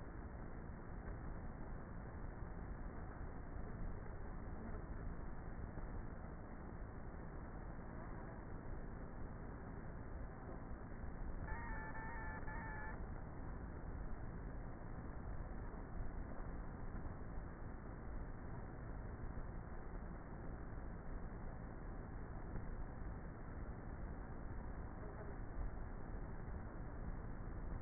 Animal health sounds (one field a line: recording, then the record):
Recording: honeybee colony, microphone inside the hive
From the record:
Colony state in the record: queenless with a low population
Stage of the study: before two queens were removed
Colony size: about 30,000 bees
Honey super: no